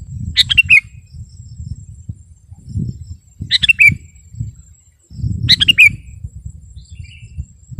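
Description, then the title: Sooty-headed bulbul giving three brief, bubbly phrases a few seconds apart, each a quick run of falling notes, over a constant low rumbling background. "kutilang"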